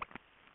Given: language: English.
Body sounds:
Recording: throat vibration sensor signal played as sound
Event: swallow

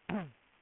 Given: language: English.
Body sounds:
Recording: throat vibration sensor signal played as sound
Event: throat clearing

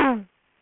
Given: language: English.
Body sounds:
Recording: throat vibration sensor signal played as sound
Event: throat clearing

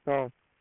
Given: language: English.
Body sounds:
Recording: throat vibration sensor signal played as sound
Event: speech

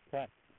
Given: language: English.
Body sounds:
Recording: throat vibration sensor signal played as sound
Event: speech

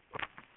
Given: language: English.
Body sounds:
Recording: throat vibration sensor signal played as sound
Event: swallow

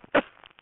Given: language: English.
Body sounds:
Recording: throat vibration sensor signal played as sound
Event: cough

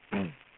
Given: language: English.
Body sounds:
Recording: throat vibration sensor signal played as sound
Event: throat clearing

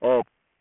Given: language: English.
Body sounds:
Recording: throat vibration sensor signal played as sound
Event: speech

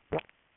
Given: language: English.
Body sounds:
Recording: throat vibration sensor signal played as sound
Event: swallow

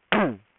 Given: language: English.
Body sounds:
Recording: throat vibration sensor signal played as sound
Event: throat clearing

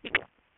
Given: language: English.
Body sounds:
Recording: throat vibration sensor signal played as sound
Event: swallow

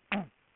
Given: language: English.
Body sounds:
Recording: throat vibration sensor signal played as sound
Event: throat clearing

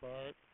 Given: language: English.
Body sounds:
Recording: throat vibration sensor signal played as sound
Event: speech

